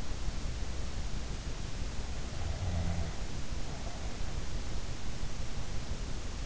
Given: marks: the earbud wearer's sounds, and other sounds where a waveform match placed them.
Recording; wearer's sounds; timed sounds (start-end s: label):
sounds in sleep by an in-ear microphone; snoring breath
1.93-4.60 s: snoring breath